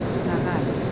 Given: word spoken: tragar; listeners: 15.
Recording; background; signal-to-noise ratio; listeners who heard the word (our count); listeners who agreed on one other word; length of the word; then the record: one Spanish word in noise, from a listening test; speech-shaped noise; -6.9 dB; 1 of 15; 6 of 15; 0.52 s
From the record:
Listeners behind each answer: 6, 2, 1, 1, 1, 1, 1, 1, 1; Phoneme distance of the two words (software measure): 17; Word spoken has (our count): 2 syllables, 6 phonemes, stress on syllable 2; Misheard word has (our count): 2 syllables, 5 phonemes, stress on syllable 2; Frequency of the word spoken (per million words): 4.39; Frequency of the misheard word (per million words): 0.98